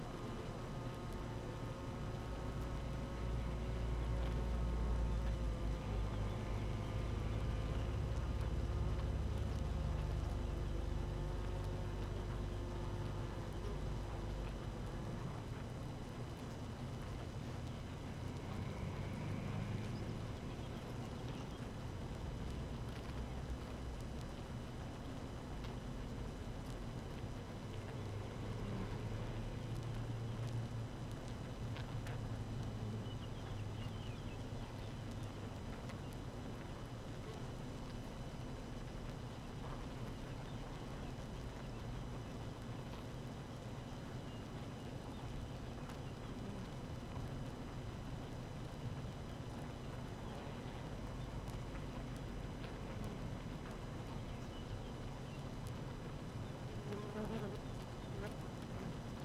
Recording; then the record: honeybee colony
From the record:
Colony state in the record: active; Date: 12 June 2018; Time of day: 6:30